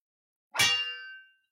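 A single bright strike of a small dark-red bell, with a sharp metallic attack and high shimmering overtones that ring out and fade over about a second. No voices.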